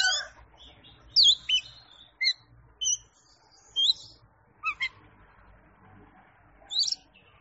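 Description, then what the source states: Oriental magpie-robin song: scattered short whistled and scratchy notes with long gaps, over a faint low background rumble. Champion singing bird.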